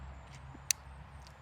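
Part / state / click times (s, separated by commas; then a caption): quick-detach clamp lever on an optic mount onto a rail / seated / 0.7 s. A quick-detach rail clamp on a red dot mount is closed onto a rail, and its tension knob is tightened for extra hold. The tightener gives one sharp click at 0.7 s and clicks into place. Two fainter ticks follow near 1.3 s and 1.5 s over a low background hum.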